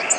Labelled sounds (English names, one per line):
Golden-cheeked Warbler flight call